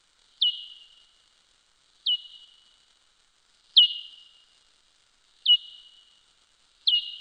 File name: Soprano Pipistrelle